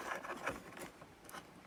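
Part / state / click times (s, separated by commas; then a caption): fuse into the fuse holder of an ice maker / not seated / none. A fuse is handled against its plastic holder on an ice machine, giving soft rubbing and scraping sounds with a brief sharper rustle near the end. Nothing has seated or clicked into the holder yet.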